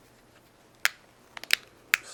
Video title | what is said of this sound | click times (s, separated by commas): Palm Pixi review - part 1 of 2 | so I'm going to snap | 0.9 s, 1.5 s, 1.9 s